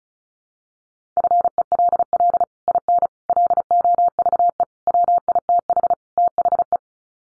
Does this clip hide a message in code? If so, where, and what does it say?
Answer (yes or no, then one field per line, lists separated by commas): yes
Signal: Morse code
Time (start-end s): 1.2-6.8 s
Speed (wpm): 34 wpm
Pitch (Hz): 700 Hz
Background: none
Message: FELL IN LOVE WITH THE